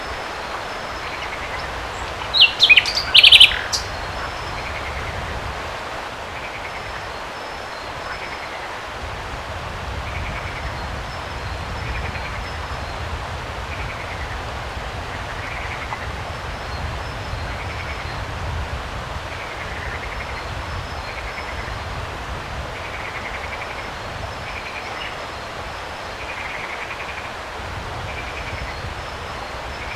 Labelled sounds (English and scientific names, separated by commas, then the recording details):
Common Nightingale (Luscinia megarhynchos)
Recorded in the wild
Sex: male
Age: adult
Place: Turgut, TR
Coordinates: 36.6667, 28.0833
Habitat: flood plain
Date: 1993-04-30 12:30
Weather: fair, ca. 25°C
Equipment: Aiwa HD-S1, Sennheiser MKH 70
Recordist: Frommolt, Karl-Heinz